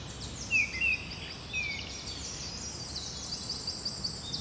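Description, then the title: Birds with a few short whistled phrases near the start, then high twittering continuing. Bird ambience at Rue du Rossignol, Seneffe, Belgium; recorded with Sony PCM-D100 internal microphones. "Rue du Rossignol 7, 7180 Seneffe, Belgique - Birds ambience"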